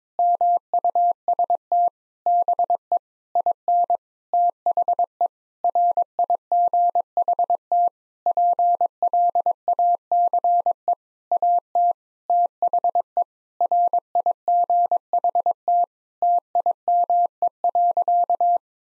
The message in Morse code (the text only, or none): MUST BE IN THE RIGHT PLACE AT THE RIGHT TIME.